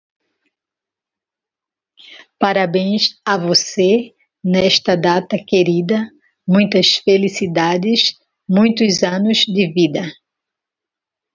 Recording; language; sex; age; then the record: short text; Brazilian Portuguese; female; 60 to 69 years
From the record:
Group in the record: control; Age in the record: 62 years